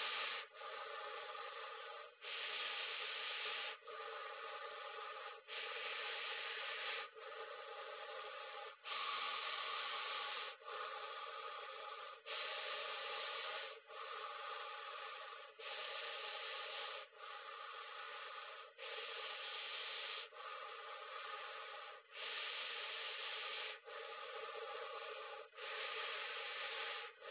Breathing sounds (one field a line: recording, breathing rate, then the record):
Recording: paced breathing near a phone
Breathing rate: 18 breaths a minute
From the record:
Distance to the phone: 20 cm